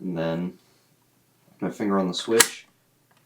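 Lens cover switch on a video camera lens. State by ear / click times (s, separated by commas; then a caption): not seated / none. Someone talks while placing a finger on the lens cover switch of a video camera lens, getting ready to slide it to close the built-in lens cover. Apart from the speech, only a faint brief sound is heard near the end. The switch has not clicked closed yet.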